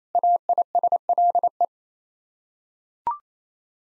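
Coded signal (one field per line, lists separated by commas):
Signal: Morse code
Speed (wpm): 28 wpm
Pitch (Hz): 700 Hz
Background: none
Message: AISLE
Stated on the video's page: Morse code head-copy practice of six-word sets at 28 wpm, each set sent, spoken, then sent again.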